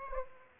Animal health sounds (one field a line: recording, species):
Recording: mosquito wingbeat signal from an infrared sensor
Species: Aedes aegypti